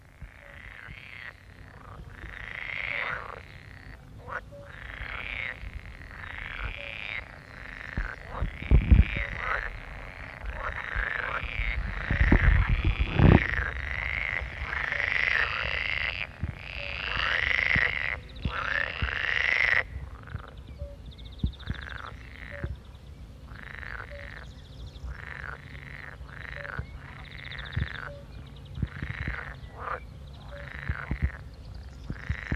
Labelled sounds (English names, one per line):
Pool Frog call